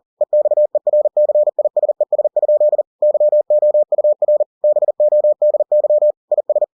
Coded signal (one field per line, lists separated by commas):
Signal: Morse code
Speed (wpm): 40 wpm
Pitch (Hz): 600 Hz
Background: none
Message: EXERCISES? YOUR BODY IS